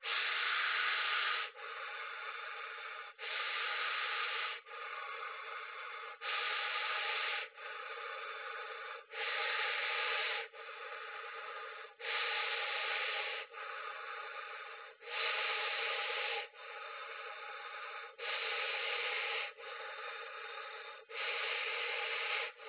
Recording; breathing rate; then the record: paced breathing near a phone; 20 breaths a minute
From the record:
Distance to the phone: 20 cm